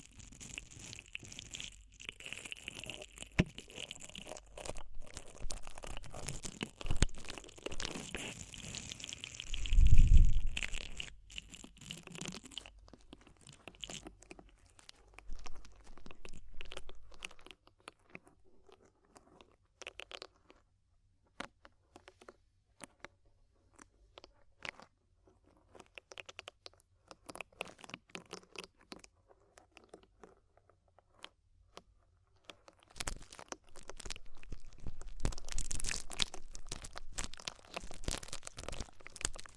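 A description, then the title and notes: Deep ear cleaning, heard as a close run of crackly, crunchy scratching and rubbing that comes in dense bursts. A heavy low thump lands near ten seconds. After that the scraping thins into sparse clicks and soft rustles, and it thickens again near the end. DEEP Ear Penetrating Cleaning.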